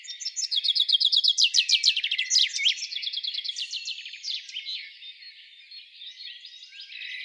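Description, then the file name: Common chaffinch song: a rapid trill of bright repeated notes ending in a flourish, followed by fainter trilled phrases. "Fringilla coelebs"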